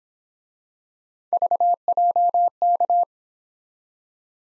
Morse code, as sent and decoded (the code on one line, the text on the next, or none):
...- .--- -.-
VJK